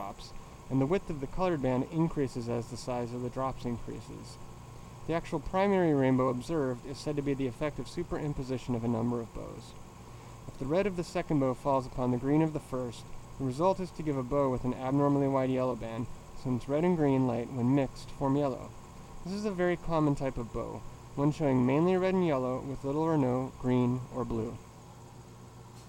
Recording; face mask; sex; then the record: reading aloud; surgical mask; male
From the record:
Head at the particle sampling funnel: tilted down, bridge of the nose in front of it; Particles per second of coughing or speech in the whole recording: 1.56